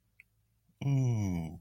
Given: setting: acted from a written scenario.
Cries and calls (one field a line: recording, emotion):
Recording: vocal sound without words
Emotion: adoration